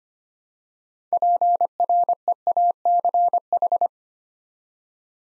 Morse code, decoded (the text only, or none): PREACH